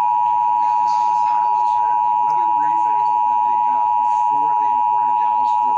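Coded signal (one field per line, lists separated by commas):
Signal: Emergency Alert System (SAME) tones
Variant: 853 and 960 Hz attention tone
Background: speech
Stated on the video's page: Severe thunderstorm warning EAS tones relayed through EASyCAST.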